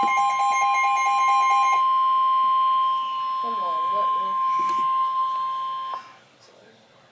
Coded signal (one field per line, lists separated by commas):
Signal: Emergency Alert System (SAME) tones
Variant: 1050 Hz attention tone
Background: speech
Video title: Severe Thunderstorm Warning - EAS #197